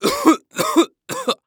Human Male Cough.